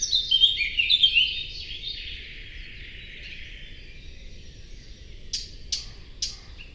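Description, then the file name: Eurasian blackcap song and calls: a loud bright warbling phrase at the start, then three sharp hard ticks about half a second apart near the end, over a steady low rumble. "Sylvia atricapilla"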